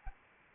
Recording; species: mosquito wingbeat signal from an infrared sensor; Anopheles arabiensis